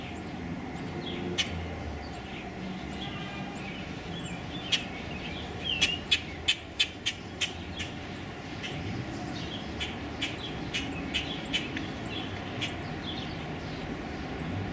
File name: Common Grackle